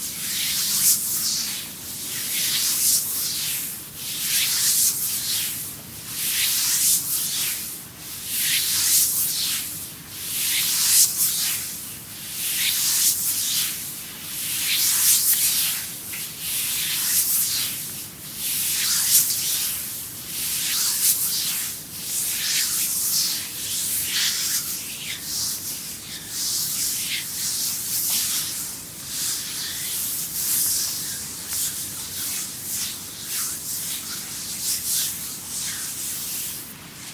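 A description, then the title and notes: Full body massage with a cream, heard as soft rubbing and swishing strokes of hands over skin. The strokes come in a steady rhythm, roughly one or two per second, bright and airy, with a faint low murmur underneath throughout. ASMR Creamy Full Body Massage by Adel.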